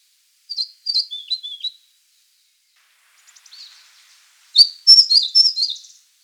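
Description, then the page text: White-spectacled warbler song: a short series of high, sliding chirps, a pause, soft twitters, then a louder, busier phrase. "White-Spectacled Warbler Song and Call. Quick Sounds"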